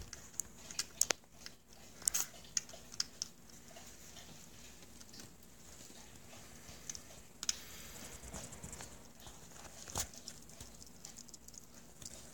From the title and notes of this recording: Rainee the hedgehog eating dinner.